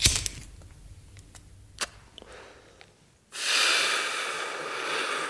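Someone smoking a cigarette: a few faint scattered clicks and ticks, then a sudden loud, steady breathy rush of air that holds for about two seconds.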